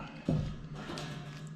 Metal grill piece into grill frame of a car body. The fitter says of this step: Sort of clicks in place like that.